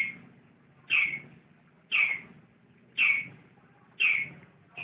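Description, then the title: Lovebird giving a sharp, high chirp repeated steadily about once every second. Champion lovebird, singing. "KICAU BURUNG LOVEBIRD JUARA"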